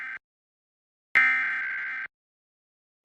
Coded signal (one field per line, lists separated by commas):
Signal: Emergency Alert System (SAME) tones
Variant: header bursts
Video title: Pennsylvania Required Monthly Test (EAS #757-762) 8/17/23